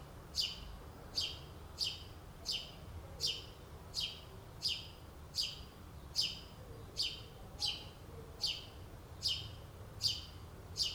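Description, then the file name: House sparrow chirps, short harsh notes repeated steadily about once every second, with a low background rumble. "Passer domesticus"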